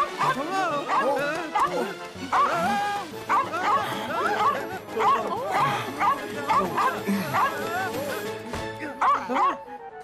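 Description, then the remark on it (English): A small dog barks in quick, high-pitched yips again and again, mixed with whiny, wavering whimpers, loud and nearly nonstop for about ten seconds. “Rookie was bitten by a big dog when he was young, so he's scared of dogs.”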